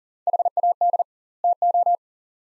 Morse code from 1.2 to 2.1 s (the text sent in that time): TO